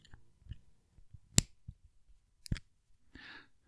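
A fountain pen cap is held up close to the microphone and snapped back onto the pen body, giving a sharp, bright click at 1.4 s that confirms the cap has seated. Soft handling taps come before it, a second pair of lighter clicks follows around 2.5 s, and a brief rustle ends the clip.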